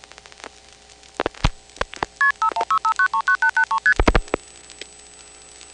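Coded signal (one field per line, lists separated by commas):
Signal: multi-frequency trunk signalling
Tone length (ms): 90 ms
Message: KP5165939883ST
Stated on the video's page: Multi-frequency trunk signalling on senderized step-by-step switching in Prince William County, Virginia: long-distance call from Dale City and suburban calls from Lorton, recorded 1977.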